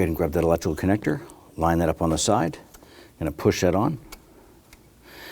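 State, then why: Seated. Someone talks while lining up a wiring harness electrical connector on the side of the throttle body of a 2015-2020 Ford F-150 and pushing it on. A short, faint click is heard at 4.7 s as the connector seats onto the throttle body, before the lock is pressed in.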